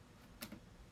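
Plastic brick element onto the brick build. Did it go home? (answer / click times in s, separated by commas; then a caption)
no / none. A plastic LEGO brick element from the 2022 LEGO Icons Lion Knights' Castle 10305 set is handled and pressed toward the brick build, with a short sharp plastic tick near 0.4 s and a softer one just after over quiet background. Nothing has seated or clicked into place yet.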